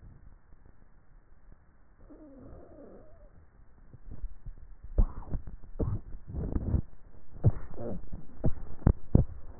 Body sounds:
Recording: swallowing sounds by neck microphone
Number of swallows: 2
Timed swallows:
4.12-5.08 s: swallow
6.18-7.05 s: swallow
From the record:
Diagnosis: dysphagia

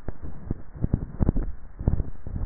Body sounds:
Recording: swallowing sounds by neck microphone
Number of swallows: 1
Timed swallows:
1.18-2.08 s: swallow
From the record:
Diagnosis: dysphagia

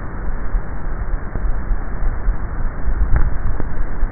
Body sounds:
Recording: swallowing sounds by neck microphone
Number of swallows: 1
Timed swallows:
2.88-3.68 s: swallow
From the record:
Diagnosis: dysphagia

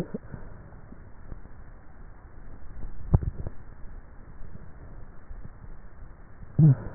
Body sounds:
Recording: swallowing sounds by neck microphone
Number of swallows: 1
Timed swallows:
2.95-3.55 s: swallow
From the record:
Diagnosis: dysphagia

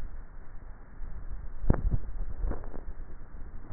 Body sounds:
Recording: swallowing sounds by neck microphone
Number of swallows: 1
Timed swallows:
1.68-2.62 s: swallow
From the record:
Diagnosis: dysphagia

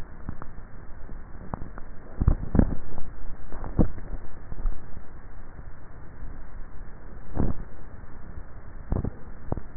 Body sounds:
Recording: swallowing sounds by neck microphone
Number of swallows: 1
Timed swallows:
3.55-4.65 s: swallow
From the record:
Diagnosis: dysphagia

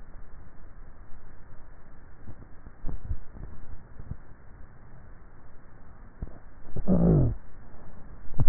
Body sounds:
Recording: swallowing sounds by neck microphone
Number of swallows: 1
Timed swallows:
2.95-3.75 s: swallow
From the record:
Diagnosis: dysphagia

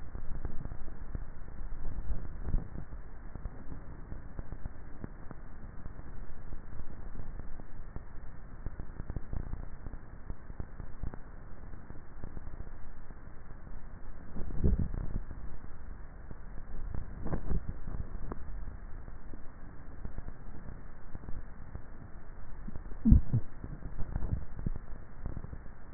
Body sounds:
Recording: swallowing sounds by neck microphone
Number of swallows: 4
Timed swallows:
1.98-2.88 s: swallow
14.42-15.35 s: swallow
17.32-18.42 s: swallow
24.12-25.05 s: swallow
From the record:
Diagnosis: dysphagia

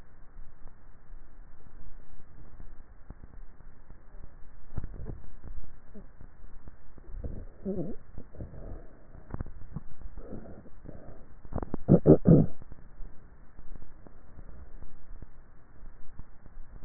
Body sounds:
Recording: swallowing sounds by neck microphone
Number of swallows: 2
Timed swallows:
4.65-5.52 s: swallow
9.35-10.12 s: swallow
From the record:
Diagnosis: dysphagia

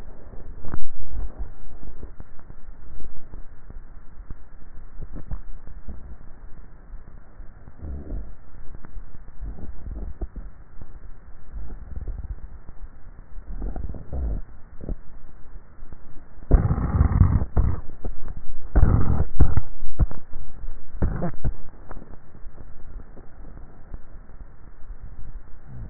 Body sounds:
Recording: swallowing sounds by neck microphone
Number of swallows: 1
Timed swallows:
5.02-5.82 s: swallow
From the record:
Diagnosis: dysphagia

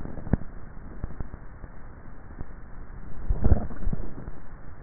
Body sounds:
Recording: swallowing sounds by neck microphone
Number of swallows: 1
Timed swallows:
3.17-4.23 s: swallow
From the record:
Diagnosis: dysphagia

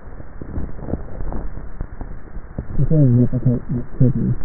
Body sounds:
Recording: swallowing sounds by neck microphone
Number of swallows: 1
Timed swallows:
1.32-2.22 s: swallow
From the record:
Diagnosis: dysphagia

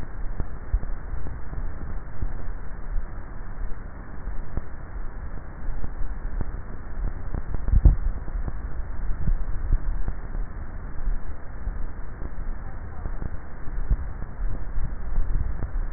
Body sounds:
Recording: swallowing sounds by neck microphone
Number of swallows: 3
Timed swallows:
7.65-8.55 s: swallow
8.95-10.22 s: swallow
14.75-15.35 s: swallow
From the record:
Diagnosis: dysphagia

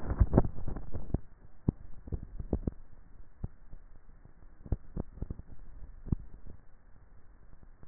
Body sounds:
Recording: swallowing sounds by neck microphone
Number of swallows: 2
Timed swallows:
1.82-2.75 s: swallow
5.48-6.32 s: swallow
From the record:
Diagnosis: dysphagia

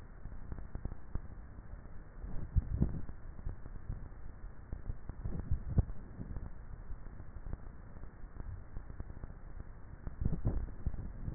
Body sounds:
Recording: swallowing sounds by neck microphone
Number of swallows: 3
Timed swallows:
2.42-3.08 s: swallow
5.38-6.05 s: swallow
10.42-11.02 s: swallow
From the record:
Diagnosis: dysphagia

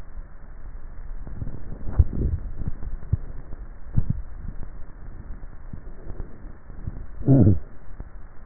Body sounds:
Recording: swallowing sounds by neck microphone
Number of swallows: 2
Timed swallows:
1.97-3.07 s: swallow
4.20-4.63 s: swallow
From the record:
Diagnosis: dysphagia

